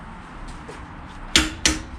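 A click-type torque wrench set to 100 ft-lb tightens a brake caliper bracket bolt against a low, steady background. Two sharp, bright clicks ring out at about 1.4 s and 1.7 s, confirming the bolt has reached 100 ft-lb.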